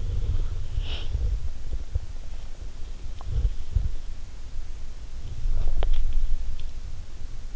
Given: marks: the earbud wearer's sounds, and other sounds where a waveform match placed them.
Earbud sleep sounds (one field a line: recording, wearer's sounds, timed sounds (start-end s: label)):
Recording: sounds in sleep by an in-ear microphone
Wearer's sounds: breath, teeth grinding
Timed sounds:
0.00-2.25 s: breath
3.11-6.41 s: teeth grinding